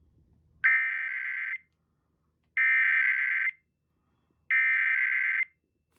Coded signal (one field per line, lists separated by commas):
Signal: Emergency Alert System (SAME) tones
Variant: header bursts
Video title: Monthly and Weekly To End of 1st Half of the Year (EAS #11686-11700) 6/28/23